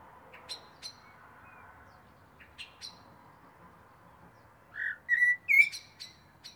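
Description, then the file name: Eurasian blackbird song: a few sharp clicking notes, then a mellow whistled phrase and squeaky twitter. "Turdus merula"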